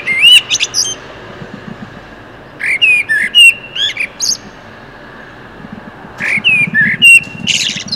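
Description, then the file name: Common blackbird delivering three mellow warbled phrases, each closing with squeaky high-pitched flourishes, spaced a couple of seconds apart. "Turdus merula"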